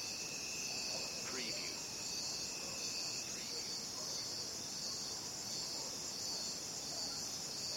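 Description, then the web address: Crickets chirping in a dense, high, unbroken chorus that holds steady from start to finish, with a few faint short sweeping sounds in the first half. Recorded at night. "the sound pack tree. night crickets"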